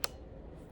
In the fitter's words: Gently turn until you hear a click.